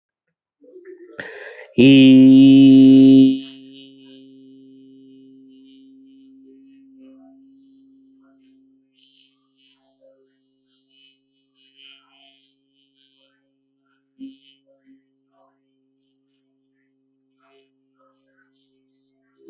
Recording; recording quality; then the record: sustained vowel as in beet; moderate, slight background noise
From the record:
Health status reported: healthy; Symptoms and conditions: none ticked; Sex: male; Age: 23 years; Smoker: not ticked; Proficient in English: yes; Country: India